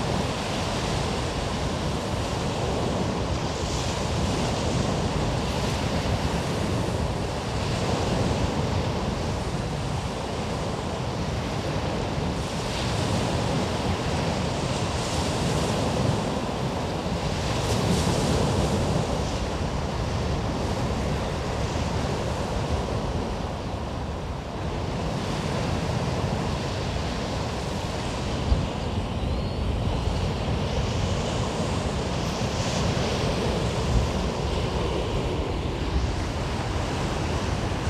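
Waves wash along the Omø coastline in a dense, steady roar that fills the lows and highs alike, swelling gently every few seconds without clear breaks. Wind buffets underneath throughout, and a couple of brief ticks stand out near the half-minute mark.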